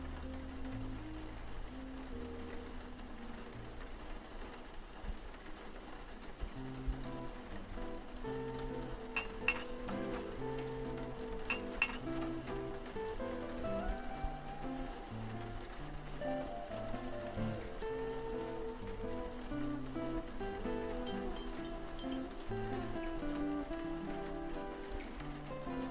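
Jazz plays steadily through a cafe scene, with a walking bass line and mellow chords moving beneath soft rain hiss. Bright cup clinks ring out around nine to twelve seconds and again near twenty-one seconds, while a low murmur of activity continues throughout.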